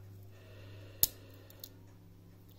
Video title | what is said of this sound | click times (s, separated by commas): SAK - Victorinox Camper | locks into place very well | 1.0 s